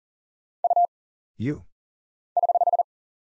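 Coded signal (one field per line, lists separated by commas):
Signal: Morse code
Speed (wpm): 40 wpm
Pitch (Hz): 700 Hz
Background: none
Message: U <HH>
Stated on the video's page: Single characters (letters, numbers, punctuation, prosigns) at 40 wpm as an instant character recognition drill; each is sent, spoken, then sent again.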